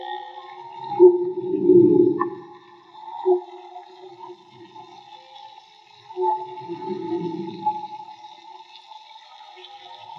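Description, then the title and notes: Whale song: two swelling low rumbling moans several seconds apart, steady faint tonal hum between them, with a short sharp knock in the middle. Whale song, field recording made with DIY-built hydrophones; audio cleaned afterwards. "CANTO DE BALLENAS MAGMA. Grabación de campo y construcción dehidrofonos DIY: Jorge Barco. Limpieza de audio: Santiago Minotas"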